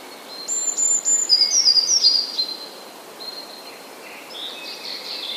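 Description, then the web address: Eurasian blue tit singing high piercing notes then a fast downward-stepping trill; quieter high chirps and whistles continue afterward. "wroblowe teka spiew. modraszkoteka"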